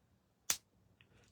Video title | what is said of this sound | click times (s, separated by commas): Art Squares & 4in1 Precision tool - The Art of Craft Live Event with JND | Clicks into place. It's not loose. | 0.5 s